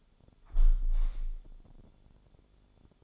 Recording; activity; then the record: daily activity, microphone in the room; close window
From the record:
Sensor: 5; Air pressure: 1015.0 hPa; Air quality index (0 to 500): 109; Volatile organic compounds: 2 ppm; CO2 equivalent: 1170 ppm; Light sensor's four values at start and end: 35/81/33/31 and 35/81/33/31